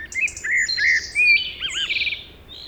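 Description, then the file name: Common blackbird singing, a short run of clear whistled notes and wavy warbling phrases followed by a higher twittering ending, over steady background hiss. "Turdus merula"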